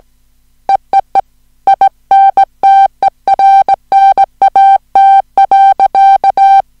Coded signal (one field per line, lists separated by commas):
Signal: Morse code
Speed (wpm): 18 wpm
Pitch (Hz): 780 Hz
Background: music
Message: EEE INTERNAT.